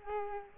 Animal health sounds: mosquito wingbeat signal from an infrared sensor; Culex quinquefasciatus

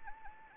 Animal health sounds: mosquito wingbeat signal from an infrared sensor; Anopheles arabiensis

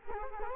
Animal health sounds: mosquito wingbeat signal from an infrared sensor; Culex quinquefasciatus

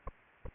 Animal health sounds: mosquito wingbeat signal from an infrared sensor; Anopheles arabiensis

